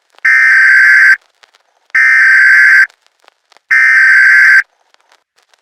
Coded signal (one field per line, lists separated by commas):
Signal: Emergency Alert System (SAME) tones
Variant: header bursts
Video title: EAS Scenario #7: Darkness Lurks (Halloween Special)